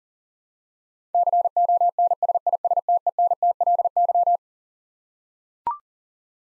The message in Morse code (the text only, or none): CONSISTENTLY